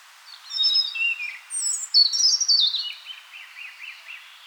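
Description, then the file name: European robin song, a varied phrase of high sweet whistles and falling slurs leading into a fast, fading trill. "Erithacus rubecula"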